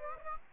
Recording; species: mosquito wingbeat signal from an infrared sensor; Aedes aegypti